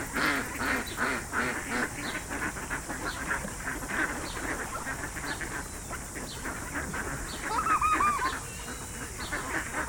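Ducks quacking: a busy, overlapping flock of rapid nasal quacks, with a brief clearer call near the end and constant hiss.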